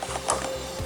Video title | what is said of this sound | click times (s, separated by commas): VW MK5 Front End Disassembly & Radiator Support Replacement Step-by-Step | Okay, you can hear it clicking and coming out of there. | 0.3 s